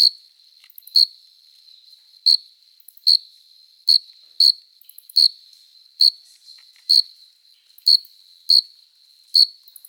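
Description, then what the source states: Cricket song of brief high chirps at an uneven pace, roughly one every second, over a quiet background. Close recording of a cricket singing.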